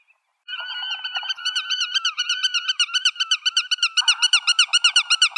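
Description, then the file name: Black-tailed godwit calls: a brisk run of nasal, wavering notes, about four per second, going on steadily after a short opening note. "audio birulaut ekorhitam"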